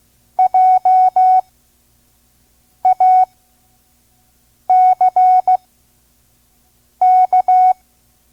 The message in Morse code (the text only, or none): JACK